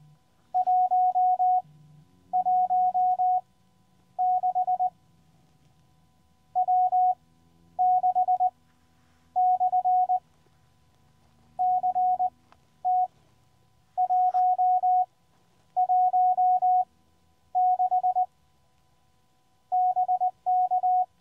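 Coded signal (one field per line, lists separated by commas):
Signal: Morse code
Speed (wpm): 20 wpm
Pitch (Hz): 730 Hz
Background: none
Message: 116 W6/CT 116 BK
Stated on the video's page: QRP CW summit activation with a QCX Mini from Triunfo Lookout, part of a YL special event weekend using special event station calls.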